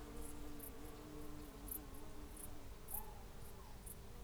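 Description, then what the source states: Insects with sharp high chirps spaced irregularly, soft sustained tones below and a low steady hum. Hedgerow ambience with insects.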